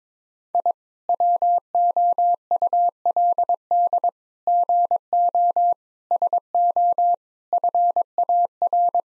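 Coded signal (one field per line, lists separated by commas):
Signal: Morse code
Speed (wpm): 22 wpm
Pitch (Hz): 700 Hz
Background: none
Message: I WOULD GO SO FAR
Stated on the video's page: Morse code practice at 22 wpm: sets of nine-word groups for head-copy, each sent in Morse, spoken, then sent again.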